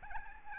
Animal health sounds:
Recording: mosquito wingbeat signal from an infrared sensor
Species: Aedes albopictus

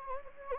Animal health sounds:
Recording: mosquito wingbeat signal from an infrared sensor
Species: Anopheles gambiae

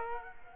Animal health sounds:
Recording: mosquito wingbeat signal from an infrared sensor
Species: Culex quinquefasciatus

